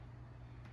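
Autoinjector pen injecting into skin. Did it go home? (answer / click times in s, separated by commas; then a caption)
no / none. An autoinjector pen delivering migraine medication into the skin is being handled, with a steady low hum and broadband background noise throughout and a faint brighter rustle near 0.65 s. Nothing has clicked yet; the pen's end-of-dose click has not happened within the clip.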